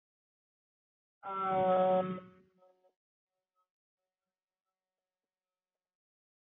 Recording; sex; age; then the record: vowel held as long as possible; female; 20 to 29 years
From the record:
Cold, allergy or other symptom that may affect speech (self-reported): no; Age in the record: 24 years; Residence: Colorado, United States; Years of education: 13